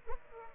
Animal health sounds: mosquito wingbeat signal from an infrared sensor; Aedes aegypti

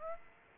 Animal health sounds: mosquito wingbeat signal from an infrared sensor; Aedes aegypti

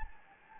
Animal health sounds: mosquito wingbeat signal from an infrared sensor; Anopheles gambiae

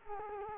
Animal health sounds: mosquito wingbeat signal from an infrared sensor; Culex quinquefasciatus

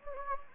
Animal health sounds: mosquito wingbeat signal from an infrared sensor; Anopheles gambiae

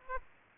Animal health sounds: mosquito wingbeat signal from an infrared sensor; Aedes aegypti

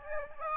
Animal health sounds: mosquito wingbeat signal from an infrared sensor; Aedes albopictus

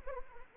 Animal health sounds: mosquito wingbeat signal from an infrared sensor; Anopheles arabiensis

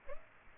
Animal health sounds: mosquito wingbeat signal from an infrared sensor; Aedes aegypti

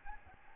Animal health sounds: mosquito wingbeat signal from an infrared sensor; Aedes albopictus

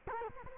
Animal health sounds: mosquito wingbeat signal from an infrared sensor; Culex quinquefasciatus

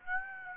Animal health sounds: mosquito wingbeat signal from an infrared sensor; Aedes aegypti

